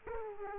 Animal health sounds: mosquito wingbeat signal from an infrared sensor; Aedes aegypti

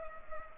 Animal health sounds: mosquito wingbeat signal from an infrared sensor; Culex pipiens

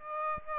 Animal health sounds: mosquito wingbeat signal from an infrared sensor; Aedes aegypti

